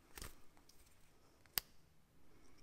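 The snap closure on a Trayvax Original 2.0 card wallet is undone a second time, with soft rustling handling sounds near 0.2 s leading up to it. The snap releases with a single sharp pop at 1.6 s, and the card holder pops up to make the cards accessible.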